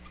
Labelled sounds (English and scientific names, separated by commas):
Tennessee Warbler (Leiothlypis peregrina) flight call